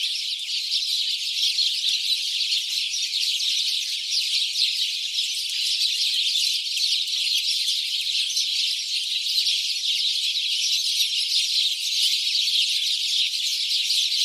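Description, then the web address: House sparrow flock calls, a continuous mass of short chirps with no gaps, loudness holding steady throughout. "SETE Passer domesticus"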